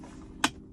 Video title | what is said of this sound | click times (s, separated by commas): 테슬라 2022 모델3 모델Y 데이터모듈 업그레이드 [DIY심화] tesla 2022 model3 modelY data module upgrade self install video | 얘도 마찬가지로 정상적으로 체계를 되면 느낌있다 봐요 딱 소리다 호 | 0.4 s